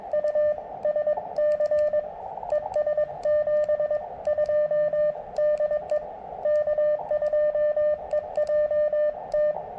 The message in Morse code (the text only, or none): U SC ES 72 DE K2EJT